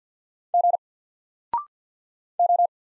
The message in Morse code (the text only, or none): G O